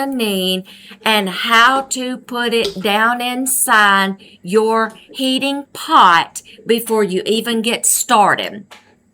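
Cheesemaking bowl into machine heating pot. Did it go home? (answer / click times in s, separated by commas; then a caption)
no / none. A woman talks while handling the inner bowl of a Fromaggio cheesemaking machine, about to put it down inside the machine's heating pot. Only speech is heard. Nothing has seated or clicked yet.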